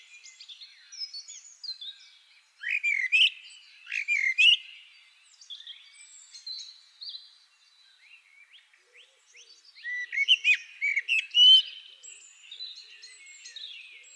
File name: Turdus merula